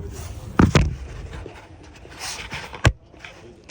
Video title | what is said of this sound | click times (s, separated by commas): 2014 Chevrolet Silverado Thermostat Replacement | that a locked that a on | 0.6 s, 2.8 s